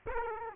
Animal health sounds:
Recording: mosquito wingbeat signal from an infrared sensor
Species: Aedes aegypti

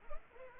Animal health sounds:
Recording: mosquito wingbeat signal from an infrared sensor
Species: Culex pipiens

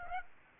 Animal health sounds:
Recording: mosquito wingbeat signal from an infrared sensor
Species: Aedes aegypti

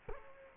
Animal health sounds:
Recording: mosquito wingbeat signal from an infrared sensor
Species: Culex quinquefasciatus

